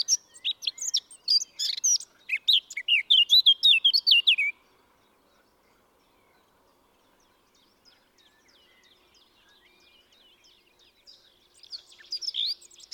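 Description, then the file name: Eurasian blackcap song: a loud, rapid, chattering warble that ends in clearer fluty notes, then a long quiet gap before another warbling phrase begins. "Sylvia atricapilla"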